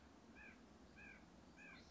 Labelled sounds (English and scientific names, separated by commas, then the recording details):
White-breasted Nuthatch (Sitta carolinensis)
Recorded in Sonoma County, California